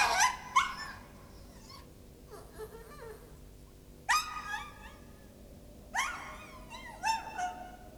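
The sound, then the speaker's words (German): A small dog whimpers in three bursts of high, wavering whines separated by quiet pauses, each burst a cluster of short, tremulous cries with no voices present. “Ach, der widerwärtige kleine Hund.”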